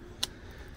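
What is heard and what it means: A plastic retaining clip is squeezed and popped out of the door panel of a 3rd Gen Tacoma during a rear speaker install. A single sharp, bright pop sounds at 0.2 s over a quiet, steady low background. The clip comes free, released from the panel.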